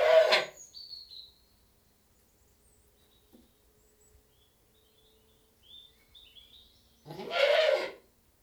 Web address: The BBC Sound Effects Library Livestock British Goat Bleating